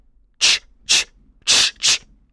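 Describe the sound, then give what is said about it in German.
A father hisses in four loud, sharp bursts, each about a quarter second long, coming in two pairs with short pauses between them. The bursts are airy and high-pitched, and no one speaks. “Das Zischen des Vaters wird immer lauter.”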